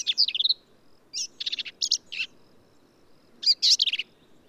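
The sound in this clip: Black-capped vireo singing rapid, scratchy phrases of mixed buzzy and slurred notes, delivered in quick bursts with short gaps between them.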